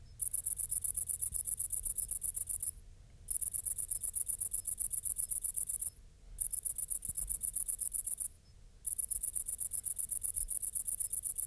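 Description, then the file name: Great green bush-cricket singing long, very high, finely pulsed buzzing runs of two to three seconds, each separated by a brief silence. "Tettigonia viridissima"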